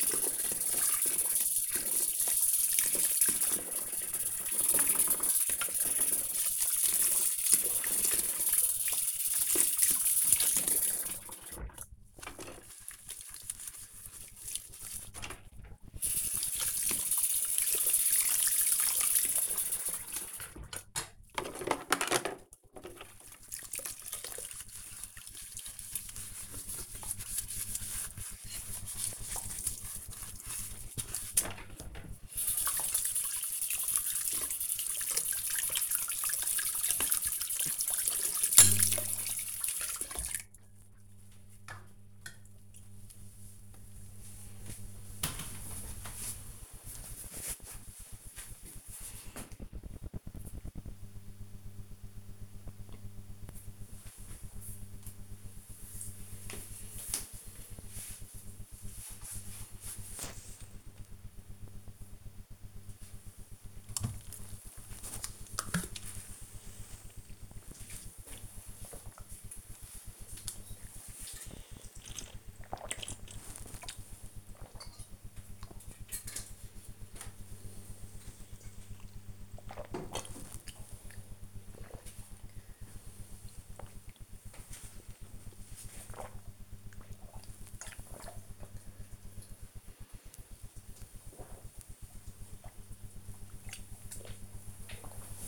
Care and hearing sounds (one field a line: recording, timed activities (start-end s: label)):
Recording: household activities, microphone on the right wrist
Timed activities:
0.00-41.98 s: washing dishes
63.04-95.17 s: drinking